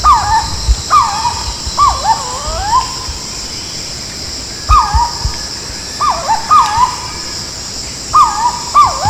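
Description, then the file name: Purple-throated fruitcrow calls, hooting whistles with downward and upward slurs in small overlapping groups, against a continuous high background hum. "Canto do anambeuna"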